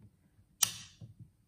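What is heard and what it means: On a SIG Cross rifle stock, the butt pad height button is released after the butt pad height is adjusted. A sharp click at 0.6 s marks the lock engaging its locking recess in the stock so the pad does not move vertically. Two faint low knocks follow at about 1.0 and 1.2 s.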